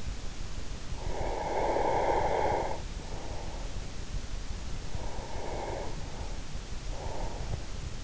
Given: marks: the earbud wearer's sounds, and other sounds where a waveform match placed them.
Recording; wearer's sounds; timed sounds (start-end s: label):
sounds in sleep by an in-ear microphone; breath
0.96-3.95 s: breath
4.86-8.04 s: breath